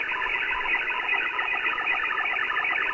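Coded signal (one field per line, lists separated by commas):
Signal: automatic link establishment (ALE)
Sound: rapid warbling burble of many quick tones, steady and continuous throughout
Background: radio static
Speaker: it's coming into the modem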